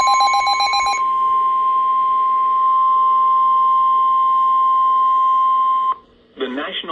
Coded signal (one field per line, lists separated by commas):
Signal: Emergency Alert System (SAME) tones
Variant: 1050 Hz attention tone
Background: speech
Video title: EAS 23 - Severe Thunderstorm Warning